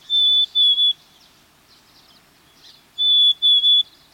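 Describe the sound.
Black-capped Chickadee song: a plaintive, pure whistled phrase of one long note and two shorter ones, given twice about three seconds apart.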